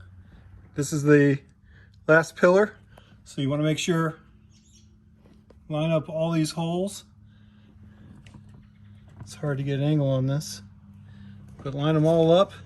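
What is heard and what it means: Someone talks while lining up the holes of the last plastic pillar trim panel against the car body pillar on a 2004 Pontiac GTO during a headliner repair and reupholster, struggling to get an angle on it. Only speech and a few faint brief handling ticks are heard between phrases. Nothing has seated or clicked yet.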